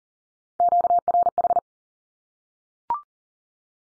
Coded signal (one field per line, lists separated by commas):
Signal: Morse code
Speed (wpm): 39 wpm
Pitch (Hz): 700 Hz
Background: none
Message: QRH